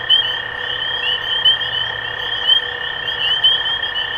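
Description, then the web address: Spring peepers peeping in a thick overlapping chorus, with a steady lower tone running throughout. Recorded 23 March 2012. "rob animals Peepers-2012-0323"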